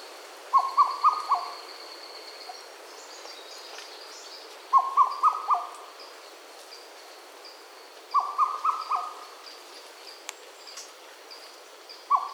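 Madagascar cuckoo repeating a series of four hollow notes every few seconds; faint high bird notes behind.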